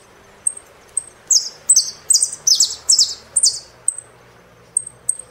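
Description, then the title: Saffron finch singing: a few thin high chips, then a string of harsh buzzy descending notes in quick succession before more chips close the phrase. "Jilguero Argentino"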